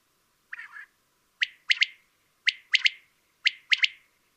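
Common quail calling its three-note 'wet-my-lips' phrase, a sharp first note then a quick double, repeated about once a second; a softer, lower mewing call opens.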